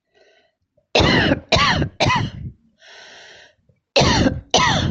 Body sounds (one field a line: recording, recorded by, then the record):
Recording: voluntary cough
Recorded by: messaging app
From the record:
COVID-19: positive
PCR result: self-reported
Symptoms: yes